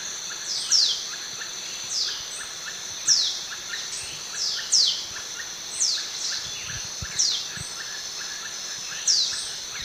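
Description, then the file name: Fulvous shrike-tanager calls: sharp, down-slurred high notes repeated every one to two seconds, possibly from two birds, against a continuous high-pitched insect hum. Pair calling, eastern lowlands of South America. "Lanio fulvus, calls pair"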